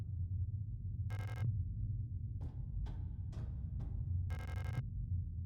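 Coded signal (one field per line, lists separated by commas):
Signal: none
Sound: a game's sound cues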